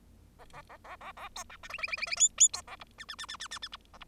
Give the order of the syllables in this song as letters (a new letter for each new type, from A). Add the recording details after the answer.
A A A A A A B C D E E E E E F F B A G H H H H H H H G A G. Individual Bird0